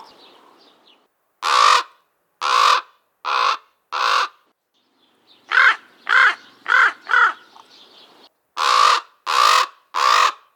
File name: Common Raven